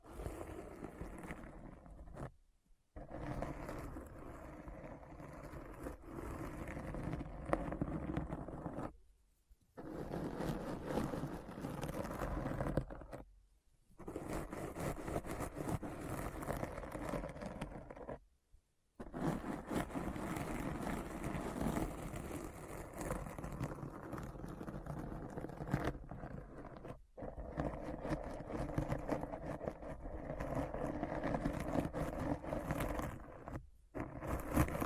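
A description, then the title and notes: Dense, rough scratching runs in long steady bursts, broken by short silent gaps near 3, 9, 13, 18 and 27 seconds. ASMR Deep Brain Scratch (No Talking).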